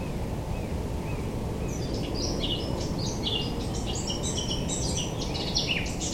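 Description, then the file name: Eurasian blackcap warbling song, a rapid run of varied high chirpy notes, set against steady low rumbling background noise. "Sylvia atricapilla"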